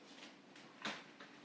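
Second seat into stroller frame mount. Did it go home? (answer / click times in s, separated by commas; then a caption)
partly / none. The second seat of a phil&teds Dot stroller with the Doubles Kit is popped into the stroller frame mount but deliberately not pushed all the way in. Only soft plastic contact knocks are heard around 0.6, 0.9 (the loudest) and 1.2 seconds. The seat is set in place, but nothing has seated or clicked fully home yet.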